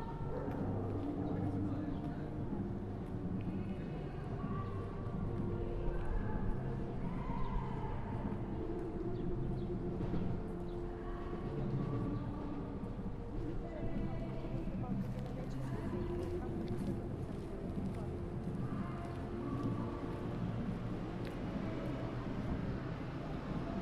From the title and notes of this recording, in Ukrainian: Трамвай на Контрактовій площі, Київ. Трамвай №16 починає свою дорогу до Героїв Дніпра. Вечір.